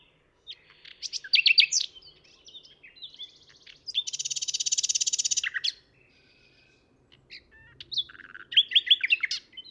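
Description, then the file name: Common nightingale song with varied chirps, a long dense buzzing rattle in the middle, then more rapid repeated notes. "Luscinia megarhynchos"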